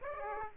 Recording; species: mosquito wingbeat signal from an infrared sensor; Aedes aegypti